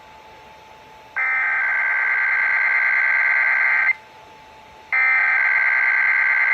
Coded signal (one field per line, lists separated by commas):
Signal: Emergency Alert System (SAME) tones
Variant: header bursts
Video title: KFBK/KXJZ Required Monthly Test | October 14, 2025 (EAS #36-#37)